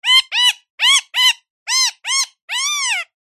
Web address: pajaro loro indio con cuello anular graciosos chillidos agudos